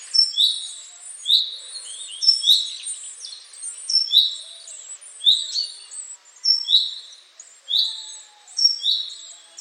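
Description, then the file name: Great tit song: a bright two-note phrase, a high thin note then a lower sliding one, repeated roughly every second throughout. "Parus major"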